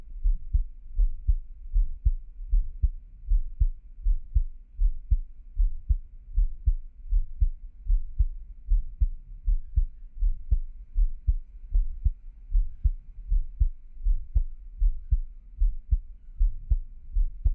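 An adult's normal heartbeat heard close up, steady low thuds at about 78 beats per minute.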